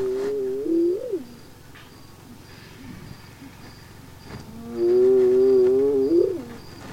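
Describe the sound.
Hyena calls: the end of a hoot that swings upward, then a longer, louder, overtone-rich hoot ending in an upward swoop.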